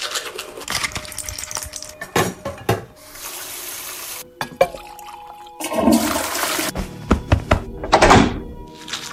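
A series of clicks and knocks with a stretch of hissing water, followed by the loud gurgling rush of a toilet flushing that surges twice before fading. No one speaks.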